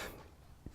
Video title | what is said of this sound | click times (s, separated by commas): Harbor Freight Miter Saw vs Craftsman Miter Saw | close to a detent all you have to do is move it back and you hear it pop into place | 0.7 s